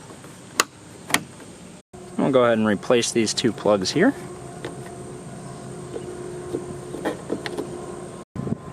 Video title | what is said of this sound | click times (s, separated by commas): Full Tow Mirror Install: (2008-2016) Ford Super Duty (F250/F350/F450) Tow Mirrors - Boost Auto Parts | we'll start by plugging back in the tweeter if equipped and then that would just kind of snap right into place | 0.6 s, 1.1 s